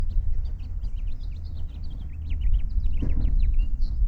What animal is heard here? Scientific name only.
Haemorhous mexicanus